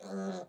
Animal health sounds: pig call; piglet (1 to 25 days)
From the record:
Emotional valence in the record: negative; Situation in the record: short isolation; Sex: male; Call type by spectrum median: low-frequency call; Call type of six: low-frequency modulated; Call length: 0.49 s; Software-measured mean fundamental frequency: 48 Hz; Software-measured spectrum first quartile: 216 Hz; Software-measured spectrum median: 408 Hz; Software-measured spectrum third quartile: 798 Hz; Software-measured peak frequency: 549 Hz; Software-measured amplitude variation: 101 dB a second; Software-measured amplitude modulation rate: 16.3 a second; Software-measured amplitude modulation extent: 6.2 dB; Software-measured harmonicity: 5.1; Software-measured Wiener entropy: -0.18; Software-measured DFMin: 1178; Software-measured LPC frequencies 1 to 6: 514, 1450, 4129, 6173, 6579, 8262 Hz

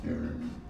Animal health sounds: pig call; growing-finishing pig (85 days or more)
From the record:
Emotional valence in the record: negative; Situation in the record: barren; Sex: female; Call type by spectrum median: low-frequency call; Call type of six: low-frequency stable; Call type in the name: low-frequency stable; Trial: 1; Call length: 0.70 s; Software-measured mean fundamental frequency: 60 Hz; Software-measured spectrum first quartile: 159 Hz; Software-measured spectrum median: 248 Hz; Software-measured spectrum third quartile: 404 Hz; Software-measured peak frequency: 240 Hz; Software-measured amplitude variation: 164 dB a second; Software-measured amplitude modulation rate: 27.0 a second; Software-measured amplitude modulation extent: 6.1 dB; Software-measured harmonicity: 3.0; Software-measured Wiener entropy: -0.04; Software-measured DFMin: 1159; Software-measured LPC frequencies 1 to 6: 300, 1499, 2695, 3700, 4539, 5216 Hz

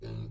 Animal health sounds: pig call; weaner (32 to 43 days)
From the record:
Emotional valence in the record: negative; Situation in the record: novel object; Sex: female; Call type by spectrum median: low-frequency call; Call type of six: low-frequency stable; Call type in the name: low-frequency stable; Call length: 0.32 s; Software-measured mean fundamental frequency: 55 Hz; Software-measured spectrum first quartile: 106 Hz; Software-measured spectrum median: 176 Hz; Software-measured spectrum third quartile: 508 Hz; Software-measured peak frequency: 108 Hz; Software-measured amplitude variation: 106 dB a second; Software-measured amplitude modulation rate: 31.6 a second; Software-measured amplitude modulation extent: 3.3 dB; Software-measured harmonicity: 0.9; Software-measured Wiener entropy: -0.44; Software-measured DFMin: 786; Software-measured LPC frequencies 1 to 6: 1503, 2605, 4124, 5383, 7038, 7846 Hz

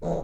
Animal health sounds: pig call; piglet (1 to 25 days)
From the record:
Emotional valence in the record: negative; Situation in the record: long isolation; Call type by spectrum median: low-frequency call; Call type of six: low-frequency stable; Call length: 0.24 s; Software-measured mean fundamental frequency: 80 Hz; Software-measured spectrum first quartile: 146 Hz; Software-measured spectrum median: 393 Hz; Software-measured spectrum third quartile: 580 Hz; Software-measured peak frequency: 505 Hz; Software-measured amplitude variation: 109 dB a second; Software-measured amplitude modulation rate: 16.8 a second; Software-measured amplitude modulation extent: 6.5 dB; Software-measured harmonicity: 0.9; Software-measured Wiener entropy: -0.52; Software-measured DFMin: 1509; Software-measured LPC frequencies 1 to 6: 560, 3817, 6600, 8751, 10581, 11568 Hz

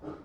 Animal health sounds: pig call; growing-finishing pig (85 days or more)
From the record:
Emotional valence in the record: positive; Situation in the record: run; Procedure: transit

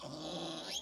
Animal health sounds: pig call; piglet (1 to 25 days)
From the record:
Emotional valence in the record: negative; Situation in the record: castration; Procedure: castration, fixation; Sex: male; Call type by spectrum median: low-frequency call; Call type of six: mixed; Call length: 0.82 s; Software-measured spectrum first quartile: 485 Hz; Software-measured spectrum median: 2066 Hz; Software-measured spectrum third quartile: 4261 Hz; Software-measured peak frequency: 325 Hz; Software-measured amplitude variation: 94 dB a second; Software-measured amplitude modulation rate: 23.8 a second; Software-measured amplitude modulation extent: 3.9 dB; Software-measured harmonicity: 3.2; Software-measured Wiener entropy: -1.95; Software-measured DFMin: 990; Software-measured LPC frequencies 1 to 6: 590, 3292, 3900, 4839, 5386, 6421 Hz

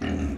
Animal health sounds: pig call; growing-finishing pig (85 days or more)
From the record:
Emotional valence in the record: negative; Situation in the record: barren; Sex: male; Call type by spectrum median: low-frequency call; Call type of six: low-frequency stable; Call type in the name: low-frequency stable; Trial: 1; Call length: 0.38 s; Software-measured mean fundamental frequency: 44 Hz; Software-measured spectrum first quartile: 141 Hz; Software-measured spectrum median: 275 Hz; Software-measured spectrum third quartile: 692 Hz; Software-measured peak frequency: 265 Hz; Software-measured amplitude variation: 126 dB a second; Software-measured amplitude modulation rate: 26.5 a second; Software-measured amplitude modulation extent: 4.8 dB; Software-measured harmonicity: -1.5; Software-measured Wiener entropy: -1.01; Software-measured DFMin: 677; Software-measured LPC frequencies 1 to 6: 1777, 2831, 3915, 5623, 6499, 7253 Hz

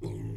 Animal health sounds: pig call; weaner (32 to 43 days)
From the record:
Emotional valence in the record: negative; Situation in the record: negative conditioning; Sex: female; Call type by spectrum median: low-frequency call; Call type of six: low-frequency stable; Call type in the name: low-frequency stable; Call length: 0.37 s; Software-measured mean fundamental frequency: 54 Hz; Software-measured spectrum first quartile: 108 Hz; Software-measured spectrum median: 186 Hz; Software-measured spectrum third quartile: 396 Hz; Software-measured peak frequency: 116 Hz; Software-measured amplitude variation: 95 dB a second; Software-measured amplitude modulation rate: 31.4 a second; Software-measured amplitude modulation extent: 3.0 dB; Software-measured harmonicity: -1.2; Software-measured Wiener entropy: -0.24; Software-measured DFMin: 1259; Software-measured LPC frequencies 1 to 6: 295, 2075, 3373, 4077, 5123, 7004 Hz

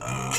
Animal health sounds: pig call; weaner (32 to 43 days)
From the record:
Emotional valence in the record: negative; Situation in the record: novel object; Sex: female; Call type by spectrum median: high-frequency call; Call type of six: mixed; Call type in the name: high-frequency modulated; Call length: 0.39 s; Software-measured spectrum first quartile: 608 Hz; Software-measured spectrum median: 2337 Hz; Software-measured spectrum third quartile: 5521 Hz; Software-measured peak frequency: 1277 Hz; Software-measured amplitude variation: 93 dB a second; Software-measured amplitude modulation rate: 39.4 a second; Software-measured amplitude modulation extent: 2.4 dB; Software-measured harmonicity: 1.6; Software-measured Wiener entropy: -3.19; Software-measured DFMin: 604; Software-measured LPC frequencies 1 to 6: 546, 1233, 2522, 3116, 4112, 5149 Hz

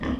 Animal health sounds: pig call; growing-finishing pig (85 days or more)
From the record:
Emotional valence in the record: negative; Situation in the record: barren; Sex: female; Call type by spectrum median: low-frequency call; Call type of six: low-frequency stable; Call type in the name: low-frequency stable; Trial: 3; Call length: 0.20 s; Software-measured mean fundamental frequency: 59 Hz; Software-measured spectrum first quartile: 204 Hz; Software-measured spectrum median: 344 Hz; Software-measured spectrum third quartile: 1071 Hz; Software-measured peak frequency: 253 Hz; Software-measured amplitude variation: 144 dB a second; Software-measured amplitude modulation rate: 19.9 a second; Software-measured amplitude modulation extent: 7.2 dB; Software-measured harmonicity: 1.1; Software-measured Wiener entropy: -1.58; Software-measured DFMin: 780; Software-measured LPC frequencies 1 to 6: 298, 1107, 1860, 3184, 5099, 5819 Hz

